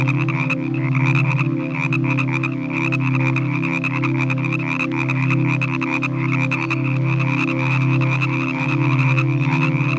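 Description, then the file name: Frogs croaking in a dense chorus, rapid clicking pulses over a steady low droning hum and a continuous high ringing band. Evening frog chorus from a relaxing nature sounds collection. "Relaxing Nature Sounds Collection - Evening with Frog Music"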